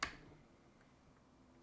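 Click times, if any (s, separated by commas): none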